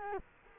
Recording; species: mosquito wingbeat signal from an infrared sensor; Culex quinquefasciatus